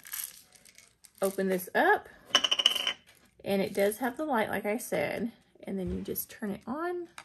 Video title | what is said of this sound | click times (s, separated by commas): FRTONYI Electric Salt and Pepper Grinder Set Amazon Review | you'll hear it snap | 0.1 s, 0.2 s